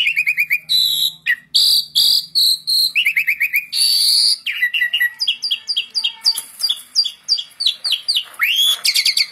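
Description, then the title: Asian pied starling song mixing steady whistled phrases, harsh buzzy bursts and quick stuttering notes, with a swooping whistle near the end. "Masteran Jalak Suren"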